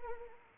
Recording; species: mosquito wingbeat signal from an infrared sensor; Anopheles arabiensis